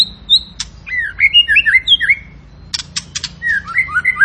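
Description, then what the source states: Tembakan bird song of quick, bouncy whistled notes sliding up and down, broken by a short burst of sharp clicks before more looping whistles. Tembakan bird singing actively (gacor), used for training cage birds (masteran).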